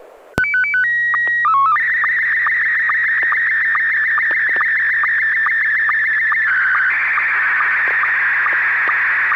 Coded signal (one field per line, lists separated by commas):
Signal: SSTV (slow-scan television)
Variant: Scottie 1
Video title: N6NA SSTV Net - 12/14/2022